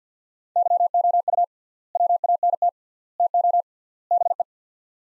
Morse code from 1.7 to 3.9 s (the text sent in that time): WANT TO